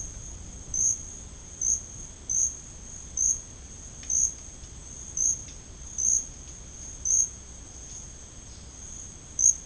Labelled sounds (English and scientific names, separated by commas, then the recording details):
none
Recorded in dense forest near Puerto Asís, Putumayo, Colombia, on 22 June 2025 at 11:00
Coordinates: 0.481, -76.323
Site G072